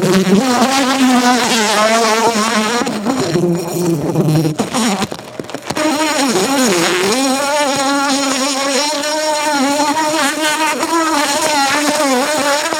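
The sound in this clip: Bumblebee flight buzz, a loud wavering drone that falters midway for about a second, then resumes strongly and steadily.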